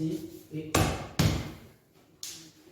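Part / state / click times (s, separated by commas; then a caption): floating floor plank into adjacent plank's click-lock joint / seated / 1.2 s, 2.2 s. Someone talks as a laminate or parquet floating floor plank is pushed and tilted into the click-lock joint of the previous plank. Two sharp knock-like snaps are heard at 1.2 s and 2.2 s. The plank is seated and clipped in.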